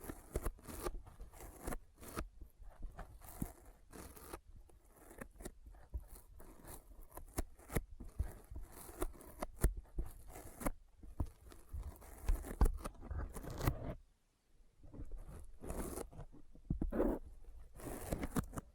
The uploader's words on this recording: ASMR Intense Sticky Finger Sounds (No Talking).